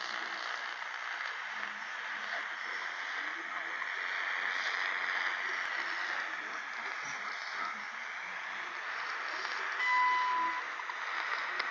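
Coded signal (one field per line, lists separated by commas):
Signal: radio time signal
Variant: WWV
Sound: shortwave hiss, then a long 1 kHz beep followed by faint once-per-second ticks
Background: radio static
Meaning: The long 1000 Hz tone marks the start of a minute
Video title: WWV Time Signal via Fort Collins, EUA, em 5000 KHz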